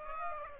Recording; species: mosquito wingbeat signal from an infrared sensor; Aedes aegypti